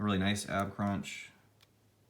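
Someone talks while bending the plastic ab crunch joint in the torso of a 6-inch action figure, and the voice then fades into quiet handling. The joint has not clicked into place yet.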